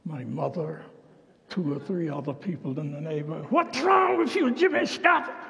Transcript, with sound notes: my mother, two or three other people in the neighborhood: [yells] “What’s wrong with you, Jimmie Scott?”